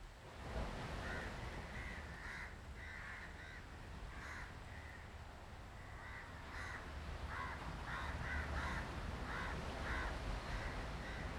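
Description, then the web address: Crows giving frequent harsh caws in bursts against continuous low traffic hum. Street recordings in South India, 2018. "travelogue 2018 South India street recordings crows"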